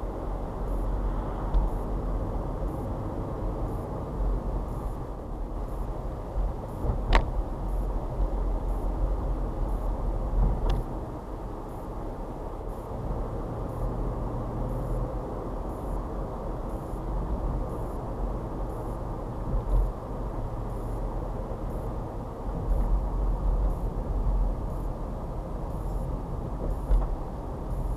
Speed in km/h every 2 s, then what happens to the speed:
35, 35, 34, 32, 34, 34, 37, 40, 40, 42, 39, 37, 34, 32.
0-7 steady at about 34. 7-13 speeds up to 40. 13-19 steady at about 40. 19-28 slows to 32.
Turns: none.